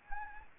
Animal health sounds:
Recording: mosquito wingbeat signal from an infrared sensor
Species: Anopheles arabiensis

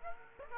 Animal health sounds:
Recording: mosquito wingbeat signal from an infrared sensor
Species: Aedes aegypti

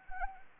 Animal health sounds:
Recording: mosquito wingbeat signal from an infrared sensor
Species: Anopheles arabiensis

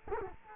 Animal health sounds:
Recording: mosquito wingbeat signal from an infrared sensor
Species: Culex quinquefasciatus

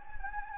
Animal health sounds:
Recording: mosquito wingbeat signal from an infrared sensor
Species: Anopheles gambiae

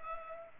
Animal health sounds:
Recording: mosquito wingbeat signal from an infrared sensor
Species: Culex pipiens

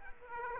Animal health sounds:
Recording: mosquito wingbeat signal from an infrared sensor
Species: Aedes aegypti

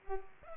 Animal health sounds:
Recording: mosquito wingbeat signal from an infrared sensor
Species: Culex pipiens

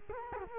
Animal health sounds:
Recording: mosquito wingbeat signal from an infrared sensor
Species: Culex quinquefasciatus

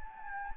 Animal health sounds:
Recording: mosquito wingbeat signal from an infrared sensor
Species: Anopheles gambiae

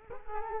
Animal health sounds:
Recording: mosquito wingbeat signal from an infrared sensor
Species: Culex quinquefasciatus

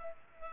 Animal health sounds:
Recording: mosquito wingbeat signal from an infrared sensor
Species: Culex pipiens

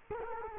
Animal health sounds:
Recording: mosquito wingbeat signal from an infrared sensor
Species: Culex quinquefasciatus

